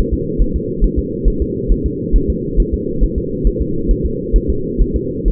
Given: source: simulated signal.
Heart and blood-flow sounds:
fetal heart sounds
0.14 s: S2
0.41 s: S1
0.56 s: S2
0.84 s: S1
0.99 s: S2
1.28 s: S1
1.42 s: S2
1.72 s: S1
1.86 s: S2
2.16 s: S1
2.30 s: S2
2.60 s: S1
2.74 s: S2
3.03 s: S1
3.18 s: S2
3.47 s: S1
3.62 s: S2
3.91 s: S1
4.06 s: S2
4.36 s: S1
4.50 s: S2
4.81 s: S1
4.96 s: S2
5.28 s: S1
From the record:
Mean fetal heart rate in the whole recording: 135 bpm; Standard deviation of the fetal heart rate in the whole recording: 3 bpm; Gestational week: 36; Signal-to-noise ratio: -6.6 dB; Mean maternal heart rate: 72 bpm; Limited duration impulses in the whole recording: present

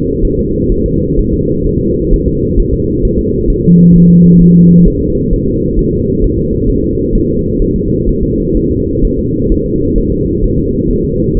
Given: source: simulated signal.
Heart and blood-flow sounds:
fetal heart sounds
0.25 s: S1
0.39 s: S2
0.72 s: S1
0.86 s: S2
1.19 s: S1
1.34 s: S2
1.67 s: S1
1.81 s: S2
2.13 s: S1
2.28 s: S2
2.59 s: S1
2.74 s: S2
3.05 s: S1
3.19 s: S2
3.50 s: S1
3.64 s: S2
3.96 s: S1
4.10 s: S2
4.41 s: S1
4.56 s: S2
4.88 s: S1
5.02 s: S2
5.33 s: S1
5.48 s: S2
5.79 s: S1
5.93 s: S2
6.24 s: S1
6.38 s: S2
6.70 s: S1
6.84 s: S2
7.15 s: S1
7.29 s: S2
7.62 s: S1
7.76 s: S2
8.09 s: S1
8.23 s: S2
8.57 s: S1
8.71 s: S2
9.05 s: S1
9.19 s: S2
9.52 s: S1
9.66 s: S2
9.98 s: S1
10.12 s: S2
10.44 s: S1
10.59 s: S2
10.91 s: S1
11.05 s: S2
11.37 s: S1
From the record:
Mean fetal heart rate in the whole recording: 130 bpm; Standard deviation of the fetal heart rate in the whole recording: 4 bpm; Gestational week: 38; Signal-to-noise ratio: -14.7 dB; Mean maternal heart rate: 72 bpm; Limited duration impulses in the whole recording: present

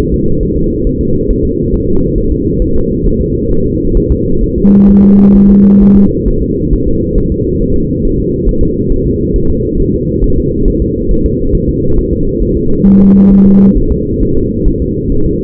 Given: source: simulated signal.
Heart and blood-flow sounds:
fetal heart sounds
0.14 s: S2
0.43 s: S1
0.57 s: S2
0.87 s: S1
1.01 s: S2
1.31 s: S1
1.45 s: S2
1.74 s: S1
1.88 s: S2
2.18 s: S1
2.32 s: S2
2.62 s: S1
2.76 s: S2
3.06 s: S1
3.21 s: S2
3.52 s: S1
3.66 s: S2
3.97 s: S1
4.12 s: S2
4.44 s: S1
4.58 s: S2
4.90 s: S1
5.04 s: S2
5.36 s: S1
5.51 s: S2
5.82 s: S1
5.97 s: S2
6.28 s: S1
6.42 s: S2
6.73 s: S1
6.88 s: S2
7.18 s: S1
7.32 s: S2
7.62 s: S1
7.76 s: S2
8.05 s: S1
8.19 s: S2
8.49 s: S1
8.63 s: S2
8.92 s: S1
9.06 s: S2
9.36 s: S1
9.50 s: S2
9.80 s: S1
9.94 s: S2
10.24 s: S1
10.38 s: S2
10.68 s: S1
10.82 s: S2
11.11 s: S1
11.26 s: S2
11.55 s: S1
11.69 s: S2
11.98 s: S1
12.13 s: S2
12.43 s: S1
12.57 s: S2
12.87 s: S1
13.01 s: S2
13.32 s: S1
13.47 s: S2
13.78 s: S1
13.92 s: S2
14.23 s: S1
14.37 s: S2
14.68 s: S1
14.82 s: S2
15.12 s: S1
15.26 s: S2
From the record:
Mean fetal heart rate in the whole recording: 135 bpm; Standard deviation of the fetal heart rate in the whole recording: 3 bpm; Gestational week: 36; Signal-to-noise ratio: -16.4 dB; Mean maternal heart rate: 72 bpm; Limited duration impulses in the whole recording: present

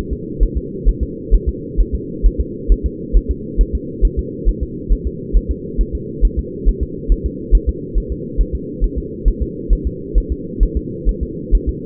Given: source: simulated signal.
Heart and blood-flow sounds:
fetal heart sounds
0.13 s: S2
0.43 s: S1
0.57 s: S2
0.89 s: S1
1.03 s: S2
1.34 s: S1
1.49 s: S2
1.81 s: S1
1.95 s: S2
2.26 s: S1
2.41 s: S2
2.72 s: S1
2.86 s: S2
3.17 s: S1
3.31 s: S2
3.61 s: S1
3.75 s: S2
4.05 s: S1
4.19 s: S2
4.49 s: S1
4.63 s: S2
4.93 s: S1
5.07 s: S2
5.37 s: S1
5.51 s: S2
5.81 s: S1
5.95 s: S2
6.25 s: S1
6.39 s: S2
6.69 s: S1
6.83 s: S2
7.12 s: S1
7.26 s: S2
7.55 s: S1
7.69 s: S2
7.98 s: S1
8.12 s: S2
8.41 s: S1
8.55 s: S2
8.84 s: S1
8.98 s: S2
9.28 s: S1
9.42 s: S2
9.73 s: S1
9.87 s: S2
10.18 s: S1
10.32 s: S2
10.63 s: S1
10.77 s: S2
11.09 s: S1
11.23 s: S2
11.55 s: S1
11.69 s: S2
From the record:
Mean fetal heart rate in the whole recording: 135 bpm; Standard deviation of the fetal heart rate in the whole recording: 3 bpm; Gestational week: 36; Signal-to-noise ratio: -4.1 dB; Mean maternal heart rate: no maternal heart sound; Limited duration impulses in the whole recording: absent

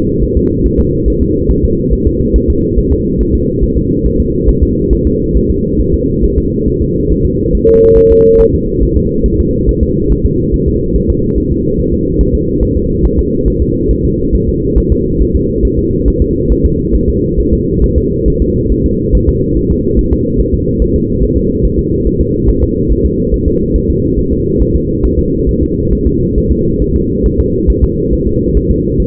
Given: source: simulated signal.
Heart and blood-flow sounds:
fetal heart sounds
0.23 s: S1
0.37 s: S2
0.66 s: S1
0.80 s: S2
1.08 s: S1
1.22 s: S2
1.51 s: S1
1.65 s: S2
1.93 s: S1
2.07 s: S2
2.36 s: S1
2.50 s: S2
2.78 s: S1
2.92 s: S2
3.21 s: S1
3.35 s: S2
3.64 s: S1
3.78 s: S2
4.06 s: S1
4.20 s: S2
4.49 s: S1
4.63 s: S2
4.93 s: S1
5.07 s: S2
5.37 s: S1
5.50 s: S2
5.80 s: S1
5.94 s: S2
6.24 s: S1
6.38 s: S2
6.68 s: S1
6.82 s: S2
7.12 s: S1
7.25 s: S2
7.55 s: S1
7.69 s: S2
7.98 s: S1
8.12 s: S2
8.41 s: S1
8.55 s: S2
8.83 s: S1
8.97 s: S2
9.26 s: S1
9.40 s: S2
9.69 s: S1
9.83 s: S2
10.12 s: S1
10.25 s: S2
10.54 s: S1
10.68 s: S2
10.96 s: S1
11.10 s: S2
11.38 s: S1
11.52 s: S2
11.80 s: S1
11.94 s: S2
12.21 s: S1
12.35 s: S2
12.63 s: S1
12.77 s: S2
13.05 s: S1
13.19 s: S2
13.48 s: S1
13.62 s: S2
13.91 s: S1
14.05 s: S2
14.35 s: S1
14.49 s: S2
14.78 s: S1
14.92 s: S2
15.22 s: S1
15.36 s: S2
15.65 s: S1
15.79 s: S2
16.08 s: S1
16.22 s: S2
16.52 s: S1
16.66 s: S2
16.96 s: S1
17.09 s: S2
17.40 s: S1
17.54 s: S2
17.84 s: S1
17.98 s: S2
18.28 s: S1
18.42 s: S2
18.72 s: S1
18.86 s: S2
19.15 s: S1
19.29 s: S2
19.57 s: S1
19.71 s: S2
19.99 s: S1
20.13 s: S2
20.41 s: S1
20.54 s: S2
20.82 s: S1
20.96 s: S2
21.24 s: S1
21.37 s: S2
21.65 s: S1
21.79 s: S2
22.07 s: S1
22.21 s: S2
22.50 s: S1
22.63 s: S2
22.92 s: S1
23.06 s: S2
23.34 s: S1
23.48 s: S2
23.76 s: S1
23.90 s: S2
24.19 s: S1
24.33 s: S2
24.61 s: S1
24.76 s: S2
25.05 s: S1
25.19 s: S2
25.49 s: S1
25.63 s: S2
25.93 s: S1
26.07 s: S2
26.38 s: S1
26.52 s: S2
26.82 s: S1
26.96 s: S2
27.26 s: S1
27.40 s: S2
27.70 s: S1
27.84 s: S2
28.13 s: S1
28.27 s: S2
28.57 s: S1
28.71 s: S2
29.00 s: S1
From the record:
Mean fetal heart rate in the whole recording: 140 bpm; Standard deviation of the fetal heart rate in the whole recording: 2 bpm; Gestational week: 34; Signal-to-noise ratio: -14.7 dB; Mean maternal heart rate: 72 bpm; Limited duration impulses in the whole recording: present

